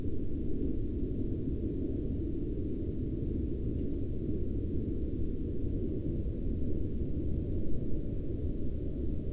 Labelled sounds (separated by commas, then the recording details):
aircraft
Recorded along the Dalton Highway, Alaska, on 3 April 2019 at 09:44
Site 10